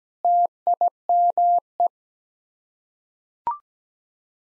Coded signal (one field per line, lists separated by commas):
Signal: Morse code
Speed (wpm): 17 wpm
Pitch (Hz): 700 Hz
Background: none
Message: TIME